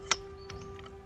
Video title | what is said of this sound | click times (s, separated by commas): Trail Camera Tips - Part 3 "Creative Trail Camera Mounting Techniques" | lock locks into place | 0.1 s